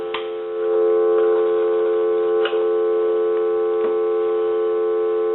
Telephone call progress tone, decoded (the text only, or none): dial tone